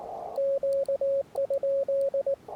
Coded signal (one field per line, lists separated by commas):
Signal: Morse code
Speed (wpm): 18 wpm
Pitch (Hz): 560 Hz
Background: radio noise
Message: Q?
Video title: POTA in CW with subtitles. POTA Pack Mule. *corrected and reposted